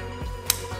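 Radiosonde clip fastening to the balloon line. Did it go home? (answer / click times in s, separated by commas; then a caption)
yes / 0.5 s. A clip attaching a radiosonde to a weather balloon's line snaps shut with a single sharp, very short snap at 0.5 s over a steady low background hum. The clip locks in place and the radiosonde is fastened to the line.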